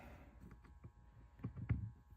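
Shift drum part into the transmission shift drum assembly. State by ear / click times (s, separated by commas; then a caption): seated / 1.7 s. Oiled shift drum parts for a Baker N1 four-speed shift drum are pushed together by hand during a motorcycle transmission shift system install. Soft ticks and rubbing sounds lead up to a sharp snap at 1.7 s as the part seats into the shift drum assembly, now mostly flush.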